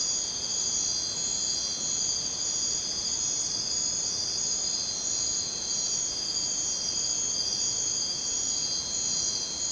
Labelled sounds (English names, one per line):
none